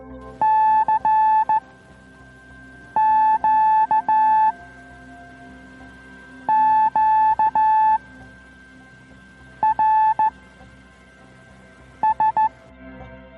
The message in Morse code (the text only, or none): C Q Q R S